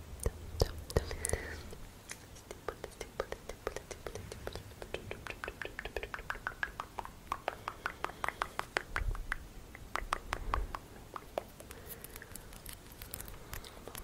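Ticklish tapping and brushing sounds, dense and crisp, with quick clicks coming several times a second. Soft rustling hand movements and occasional low thumps run underneath, with brief swells of fuller brushing around the ninth and eleventh seconds.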